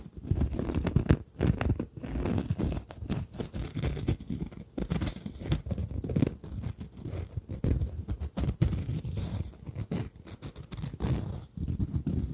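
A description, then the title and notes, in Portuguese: Tapping, scratching and mouth sounds run together with a brush moving over a screen, forming a dense, busy texture of crunchy, chewing-like clicks and scrapes. Short sharp taps stand out every second or so, while a low rumbling bed continues underneath throughout. SEM FALAS - NO TALKING. ASMR sem falas com sons de tapping, scratching, sons de boca, pincel na tela e muito mais.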